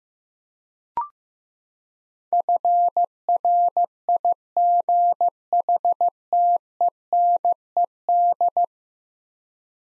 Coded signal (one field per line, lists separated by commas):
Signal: Morse code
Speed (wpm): 15 wpm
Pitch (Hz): 700 Hz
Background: none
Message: FRIGHTENED